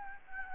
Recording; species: mosquito wingbeat signal from an infrared sensor; Anopheles gambiae